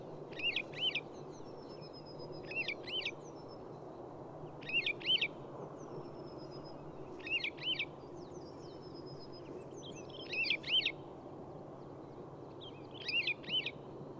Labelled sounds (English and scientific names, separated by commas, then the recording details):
Wood Lark (Lullula arborea)
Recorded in the wild
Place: Schönow, Naturpark Barnim, Brandenburg, DE
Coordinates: 52.6842, 13.5283
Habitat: heath
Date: 2005-04-01
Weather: clear, -3°C, weak wind from SE
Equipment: Tascam DA-P1, Telinga Pro 5
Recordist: Frommolt, Karl-Heinz